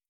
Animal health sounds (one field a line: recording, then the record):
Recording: hydrophone in a shrimp aquaculture tank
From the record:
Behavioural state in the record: stressed